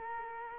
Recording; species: mosquito wingbeat signal from an infrared sensor; Culex quinquefasciatus